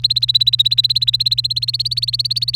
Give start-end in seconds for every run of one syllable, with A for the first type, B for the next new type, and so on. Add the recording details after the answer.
0.00-2.55 A. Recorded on 29 April 2018 at 05:46. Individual llb3